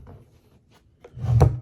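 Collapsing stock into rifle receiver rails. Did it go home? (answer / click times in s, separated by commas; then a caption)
no / none. A collapsing stock is being pulled back along the rifle receiver rails on a Zenith Firearms Z5RS, making a faint early scrape, then a brief tap near 1.0 s and a louder sliding thunk building to a peak around 1.4 s. The clip ends before the stock goes home, so nothing has seated or clicked yet.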